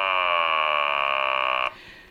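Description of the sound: A steady buzzy tone of about one and a half seconds: an electrolarynx plugged into the end of a clear acrylic tube machined to the MRI-derived vocal tract shape of an adult male speaker, approximating the vowel 'ah'.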